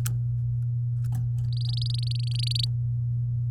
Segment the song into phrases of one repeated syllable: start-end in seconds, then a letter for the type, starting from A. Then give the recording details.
1.52-2.65 A. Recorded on 8 May 2018 at 16:07. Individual llb16